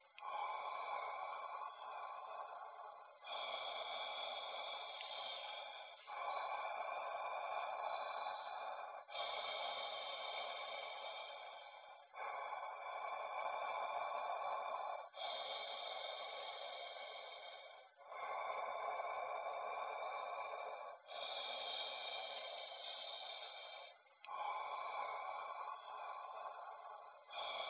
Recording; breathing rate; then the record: paced breathing near a phone; 10 breaths a minute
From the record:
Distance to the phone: 20 cm